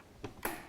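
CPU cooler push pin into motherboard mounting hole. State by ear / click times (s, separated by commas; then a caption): seated / 0.2 s, 0.5 s. The final opposite-corner push pin of a CPU cooler is pressed home into its motherboard mounting hole, giving a short click at 0.2 s and a louder, sharper snap at 0.5 s. The pin seats, and the cooler is done.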